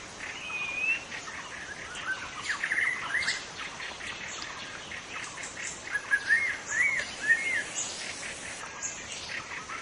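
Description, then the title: White-rumped shama singing scattered whistled phrases with upslurred and downslurred notes, over a continuous background hiss. Wild white-rumped shama singing in forest; local name murai batu hutan. "Suara burung murai batu hutan"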